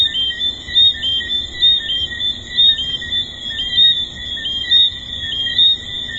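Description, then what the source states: Chorus of tree frogs, many overlapping high whistled notes, louder pulses arriving slightly more than once a second over a continuous ringing drone. Recorded at the Hedonism II resort.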